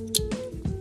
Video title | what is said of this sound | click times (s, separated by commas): CAMMED Silverado Build! | Give a little click, and it's good to go. | 0.2 s